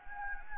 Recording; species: mosquito wingbeat signal from an infrared sensor; Anopheles gambiae